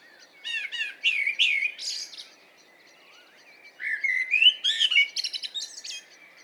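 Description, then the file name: Common blackbird song, two phrases: liquid fluty warbling around a steady pitch, each finishing in a burst of thin, high chattering notes. "Turdus merula"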